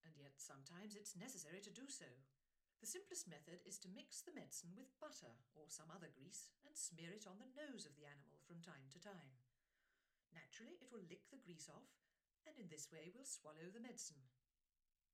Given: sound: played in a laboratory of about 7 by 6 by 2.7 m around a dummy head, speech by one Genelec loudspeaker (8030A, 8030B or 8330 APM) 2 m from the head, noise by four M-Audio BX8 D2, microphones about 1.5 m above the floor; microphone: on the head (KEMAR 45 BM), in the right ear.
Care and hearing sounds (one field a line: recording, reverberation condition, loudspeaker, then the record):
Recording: female speech in English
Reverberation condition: low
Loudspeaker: 90 degrees to the right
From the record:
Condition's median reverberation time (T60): about 310 ms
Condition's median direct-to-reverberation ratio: about 3.5 dB